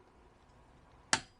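A click-type torque wrench set to 100 sits on a bolt that is only at about 50, and pressure on the handle at a particular spot makes its click mechanism trip straight away without the bolt turning. After a quiet stretch, a single sharp metallic click sounds at 1.1 s and fades quickly. The wrench has gone off early because of where the handle is pressed.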